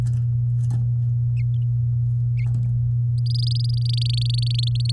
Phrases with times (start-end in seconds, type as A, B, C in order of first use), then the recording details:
0.00-0.01 A, 3.18-4.91 B. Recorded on 8 May 2018 at 07:08. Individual llb16